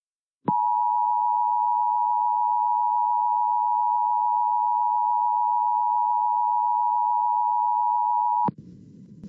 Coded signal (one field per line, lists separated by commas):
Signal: Emergency Alert System (SAME) tones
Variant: 853 and 960 Hz attention tone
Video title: EAS Tornado Emergency in Plevna, KS (May 18th)